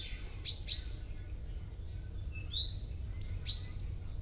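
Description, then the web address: Common starling giving clicks and steady whistled notes, with several very high, thin whistles near the end. "Estornino pinto"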